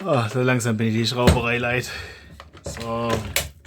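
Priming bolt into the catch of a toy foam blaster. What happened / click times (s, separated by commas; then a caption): Handled, not yet home: the catch has not engaged / none. Someone talks while handling a toy foam blaster that has been put back to its original state, working its plastic priming mechanism to bring the priming bolt into the catch. Nothing has seated or clicked yet; the catch has not latched by the end of the clip.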